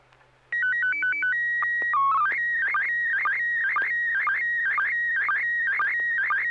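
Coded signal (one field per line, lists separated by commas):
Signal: SSTV (slow-scan television)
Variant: PD 120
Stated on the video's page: SSTV images exchanged on a weekly amateur net via an FM repeater on 441.30 MHz in Sacramento, sent with MMSSTV software.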